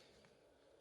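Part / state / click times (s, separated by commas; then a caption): plastic faceplate onto handheld game console / not seated / none. A plastic faceplate is pressed onto a Game Boy Micro handheld game console whose hinges are broken, so it does not click in. Only a steady low hiss is heard, with a faint soft rustle around 0.25 s, and nothing has clicked or seated.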